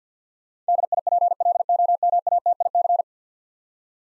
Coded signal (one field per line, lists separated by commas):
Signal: Morse code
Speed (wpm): 50 wpm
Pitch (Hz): 700 Hz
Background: none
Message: DIPLOMATIC